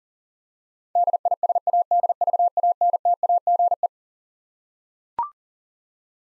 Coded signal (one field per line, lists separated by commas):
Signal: Morse code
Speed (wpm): 40 wpm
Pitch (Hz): 700 Hz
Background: none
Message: DISADVANTAGE